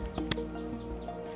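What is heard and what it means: The main stereo wiring harness plug is pushed into the factory harness connector next to the fuse box behind the dash of a 2017–2018 Toyota Corolla during a 10" wireless CarPlay/Android Auto screen install. A small tap at 0.2 s is followed by a sharp, bright click at 0.3 s over a steady tonal hum. The plug is seated.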